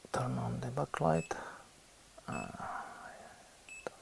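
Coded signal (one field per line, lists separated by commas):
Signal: none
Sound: multimeter button beeps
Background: speech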